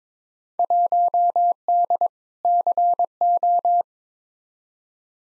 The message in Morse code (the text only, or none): 1D CO